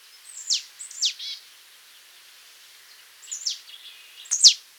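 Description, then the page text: Marsh tit calls: sharp, high notes that slide steeply downward, two close together, then another pair after a pause, with softer notes between them. "Marsh Tit Calls - Quick Sounds"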